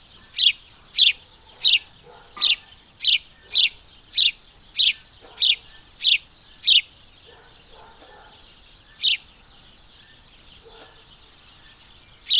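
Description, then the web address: House sparrow chirping: short, sharp chirps in a quick, steady run of eleven, then two spaced chirps after a pause. "madarak enek PASDOM"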